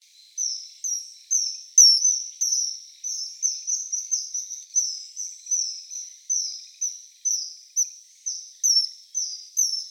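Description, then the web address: Common kingfisher calls: shrill, piercing high whistles repeated about twice a second, each note sliding slightly downward. Recorded on 29 April 2014. "birdenaga kawasemi"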